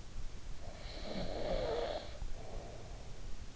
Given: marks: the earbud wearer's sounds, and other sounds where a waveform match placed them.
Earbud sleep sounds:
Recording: sounds in sleep by an in-ear microphone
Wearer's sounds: snoring breath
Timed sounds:
0.30-3.29 s: snoring breath

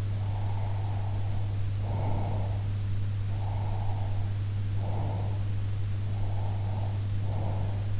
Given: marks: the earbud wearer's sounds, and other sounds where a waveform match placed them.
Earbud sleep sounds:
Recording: sounds in sleep by an in-ear microphone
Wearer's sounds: breath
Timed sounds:
0.09-2.77 s: breath
3.32-5.52 s: breath
6.17-8.00 s: breath

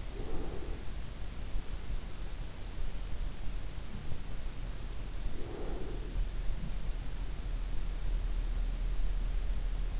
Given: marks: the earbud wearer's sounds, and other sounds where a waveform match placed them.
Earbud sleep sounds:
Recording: sounds in sleep by an in-ear microphone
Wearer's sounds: breath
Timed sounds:
0.00-1.10 s: breath
5.09-6.30 s: breath

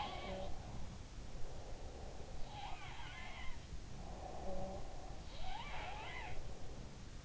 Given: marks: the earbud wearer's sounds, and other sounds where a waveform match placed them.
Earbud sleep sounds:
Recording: sounds in sleep by an in-ear microphone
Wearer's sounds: breath, snoring breath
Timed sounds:
0.00-1.72 s: sound from someone else or the room
1.41-2.61 s: breath
2.35-4.49 s: sound from someone else or the room
4.04-6.77 s: snoring breath
5.24-7.25 s: sound from someone else or the room

